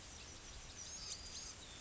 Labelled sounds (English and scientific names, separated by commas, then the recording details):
Yellowhammer (Emberiza citrinella) song
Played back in grassland
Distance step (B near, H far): F
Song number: 146